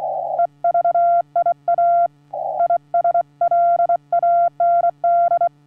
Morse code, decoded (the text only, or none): EVIA ISLAND